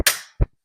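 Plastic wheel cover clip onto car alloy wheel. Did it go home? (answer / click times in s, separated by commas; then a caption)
yes / 0.1 s. A gloved hand presses a Yeslak plastic wheel cover onto a 20-inch alloy wheel of a Tesla Model Y, and its retaining clips snap in with a loud, sharp crack at 0.1 s that rings out and fades. A softer, duller knock follows at 0.4 s, then a faint low sound near the end. The cover is clipped on and seated.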